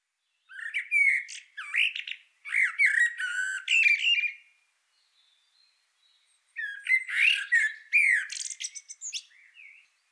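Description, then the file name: Eurasian blackbird singing three loud phrases, mellow warbling notes running into scratchy high-pitched twitters, with a quiet gap of about two seconds before the last. "Turdus merula"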